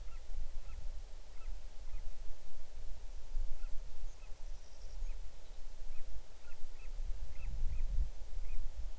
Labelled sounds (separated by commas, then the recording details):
bird
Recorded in the Arctic National Wildlife Refuge, Alaska, on 6 July 2019 at 01:15
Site 39